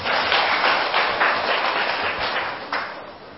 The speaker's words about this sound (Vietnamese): Như vậy là cho chàng pháo tay.